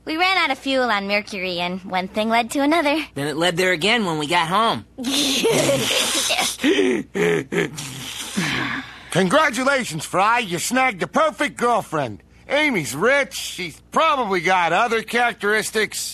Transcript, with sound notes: We ran out of fuel on Mercury and one thing led to another.
Then it led there again when we got home!
*giggling laugh* *sigh* Congratulations, Fry. You snagged a perfect girlfriend. Amy is rich, she's probably got other characteristics...